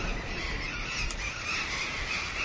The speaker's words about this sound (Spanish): Hay algunos loros barranqueros dando vueltas.